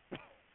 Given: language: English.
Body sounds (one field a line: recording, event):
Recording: throat vibration sensor signal played as sound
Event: cough